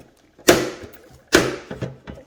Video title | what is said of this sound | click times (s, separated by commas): La mangeoire connectée Dokoo, déballage et installation | se clipse très facilement et là on a déjà fini la plupart du montage | 0.5 s, 1.3 s